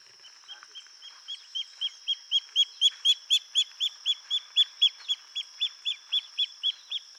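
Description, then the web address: Pearl kite calling, a fast even series of short sharp high notes about four per second, building in strength then easing slightly, over a steady high whine. "Pearl kite. صدای-پرنده-کورکور-مرواریدی"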